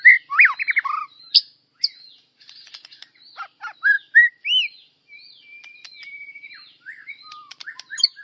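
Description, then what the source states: White-rumped shama singing varied whistled phrases, with sweeping rising and falling notes, sharp clicks and short pauses between bursts. Described as a champion bird with melodious song.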